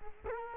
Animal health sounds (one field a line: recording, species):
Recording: mosquito wingbeat signal from an infrared sensor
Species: Culex quinquefasciatus